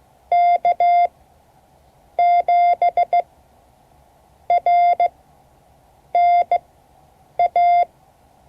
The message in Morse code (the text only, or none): K7RNA